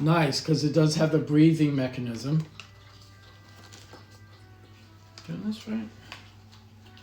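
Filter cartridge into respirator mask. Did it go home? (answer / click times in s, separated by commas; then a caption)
no / none. Someone talks while handling a filter cartridge being fitted onto a reusable respirator mask, followed by a quieter stretch with a few faint ticks and brief talking again. The clip ends before the part goes home; nothing has seated or clicked yet.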